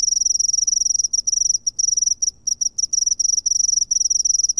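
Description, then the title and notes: Cricket giving shrill, high-pitched pulsed chirps in quick bursts separated by brief pauses, nothing else prominent. "Grillo by Kellyn Parra Garcia"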